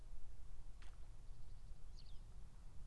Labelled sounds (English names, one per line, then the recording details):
Great Tit
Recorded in Germany
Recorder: ecoPi